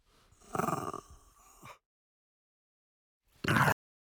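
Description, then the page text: French bulldog giving a rasping snarl that trails off, then a brief, harsh burst after a pause. Intense snarl of a French bulldog. "French Bulldog Snarl Intense. Quick Sounds"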